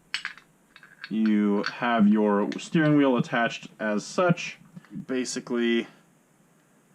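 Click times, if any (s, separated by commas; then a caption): none. A steering wheel attached to an opened quick-release hub is handled and rotated, with a few short, light clicks and taps in the first second while someone talks throughout. The clip ends before the wheel snaps in, so nothing has seated or clicked into place yet.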